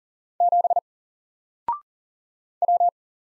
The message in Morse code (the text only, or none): 7 W